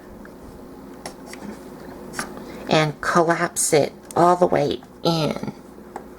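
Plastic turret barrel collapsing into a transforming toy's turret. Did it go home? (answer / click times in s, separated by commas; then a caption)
no / none. Someone talks while handling the plastic turret barrel of a transforming robot figure from Mastermind Creations (Gravus and Ebrius, IDW Brawn and Guzzle), starting to collapse the barrel all the way into the toy's turret. Faint plastic handling ticks are heard under the speech. Nothing has seated or clicked into place yet.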